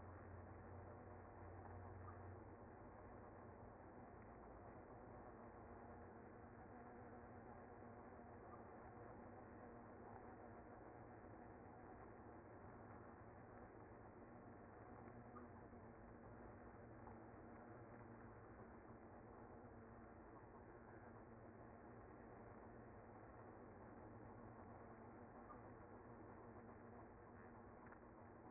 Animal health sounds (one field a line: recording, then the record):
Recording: honeybee colony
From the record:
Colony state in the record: active